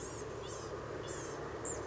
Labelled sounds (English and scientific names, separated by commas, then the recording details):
Blue-gray Gnatcatcher (Polioptila caerulea)
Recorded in Sonoma County, California